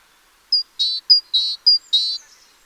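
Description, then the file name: Great tit giving three pairs of notes, each a short high whistle and a harsher buzzy note just below it, in a quick even rhythm. "Parus major"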